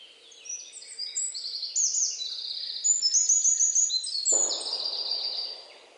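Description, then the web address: Bird chirps and sharp high trills throughout, with rapid repeated notes; a sudden rustling burst enters after four seconds and fades out. "Deverinetal 2025 File origin Bird Only"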